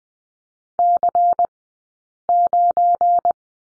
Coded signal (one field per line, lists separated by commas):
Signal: Morse code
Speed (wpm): 20 wpm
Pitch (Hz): 700 Hz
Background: none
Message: C9